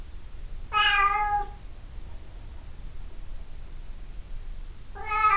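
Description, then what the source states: Cat giving one long meow, then silence, then the start of another meow at the end. 26 April 2008.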